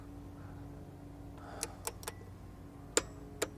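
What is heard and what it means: A torque wrench set to 25 Nm tightens the oil filter housing cap, with a new filter inside, into its housing on a Mercedes-Benz ML320 (W163). Over a low steady hum, a few light ticks come from the ratcheting, then the wrench gives a sharp, loud click at 3.0 s, followed by one more tick. The cap is confirmed torqued to 25 Nm.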